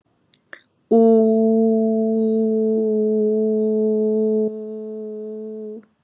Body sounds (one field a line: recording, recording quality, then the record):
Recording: sustained vowel as in boot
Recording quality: excellent, no background noise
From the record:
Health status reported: exposed to COVID-19, no respiratory illness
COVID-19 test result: negative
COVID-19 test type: RT-PCR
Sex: female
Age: 25 years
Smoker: no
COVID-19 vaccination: both doses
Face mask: not worn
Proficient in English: yes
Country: India